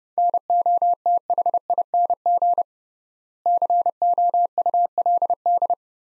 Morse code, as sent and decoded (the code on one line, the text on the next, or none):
-. --- - .... .. -. --. / -.-. --- ..- .-.. -..
NOTHING COULD